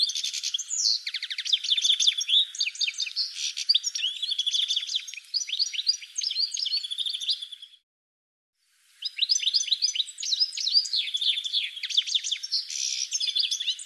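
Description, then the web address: Bird song, dense rapid chirps and sharp descending notes in a busy stream, with a brief silent break midway. "cianscape birddata"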